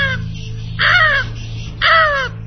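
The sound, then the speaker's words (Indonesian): A large bird the size of a chicken screeches loudly in harsh, raspy calls as it flies fast, flapping its wings, beak open, two strong cries following a fainter one at the start, each about half a second long, over a low steady hum. “Dilihatnya seekor burung sebesar ayam terbang dengan begitu kencang ke arahnya, sambil mengepakkan sayapnya. Paruhnya terbuka dan bersuara dengan sangat nyaring.”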